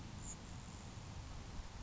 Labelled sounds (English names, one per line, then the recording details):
Grasshopper Sparrow
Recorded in Sonoma County, California